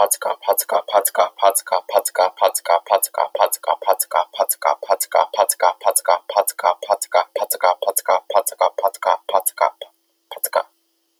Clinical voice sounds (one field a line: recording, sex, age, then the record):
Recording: repeated syllables /pa ta ka/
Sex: male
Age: 18 to 19 years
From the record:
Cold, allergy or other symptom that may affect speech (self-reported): no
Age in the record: 18 years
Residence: Georgia, United States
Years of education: 11